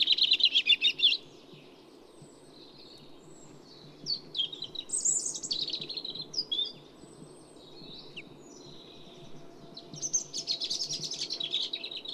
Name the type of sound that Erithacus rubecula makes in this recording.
song